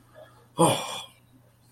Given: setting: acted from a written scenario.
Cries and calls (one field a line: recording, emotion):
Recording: vocal sound without words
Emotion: fear